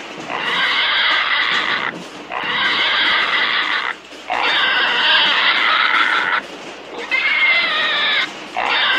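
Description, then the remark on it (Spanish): A cat caterwauls in four long, loud, drawn-out yowls, each wavering and strained, separated by brief pauses, with no talking. “Vaya gato”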